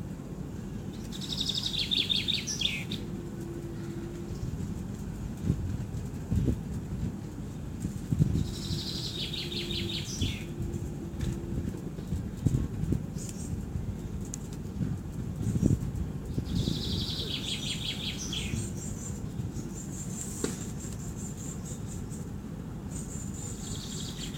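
Birds sing in a city park, with bright trilling phrases coming every few seconds, around 1–4, 9–11, 14–17 and 20–23 seconds. Underneath runs a steady low rumble of traffic, with scattered thumps and a faint hum.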